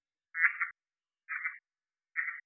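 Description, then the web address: Red-eyed tree frog calling three short, clucking chock notes, each slightly doubled, spaced under a second apart, against a silent background. "Agalychnis callidryas"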